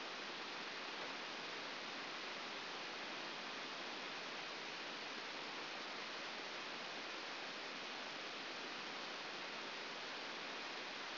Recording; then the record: brain microelectrode recording played as sound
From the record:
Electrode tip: outside the subthalamic nucleus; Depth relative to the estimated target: -4 mm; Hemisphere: left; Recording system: AlphaMap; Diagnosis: Parkinson's disease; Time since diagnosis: 9 years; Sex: female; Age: 40 years